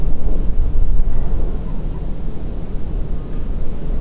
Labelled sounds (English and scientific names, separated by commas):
Common Moorhen (Gallinula chloropus)